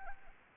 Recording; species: mosquito wingbeat signal from an infrared sensor; Anopheles arabiensis